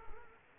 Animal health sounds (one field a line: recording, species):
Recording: mosquito wingbeat signal from an infrared sensor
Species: Culex quinquefasciatus